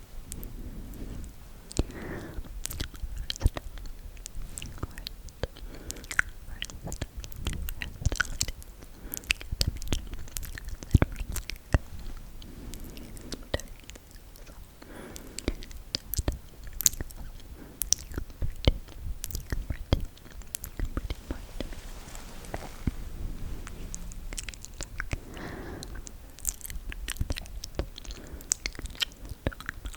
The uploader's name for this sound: Close Inaudible Whispers + Face Touching